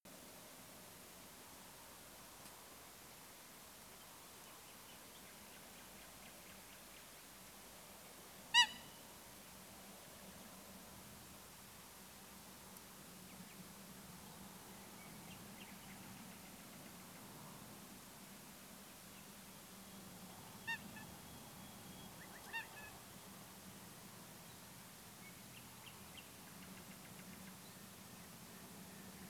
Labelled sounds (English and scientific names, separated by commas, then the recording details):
Common Nightingale (Luscinia megarhynchos), Eurasian Coot (Fulica atra)
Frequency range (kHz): Eurasian Coot (Fulica atra) 0.8-12.3 kHz
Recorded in France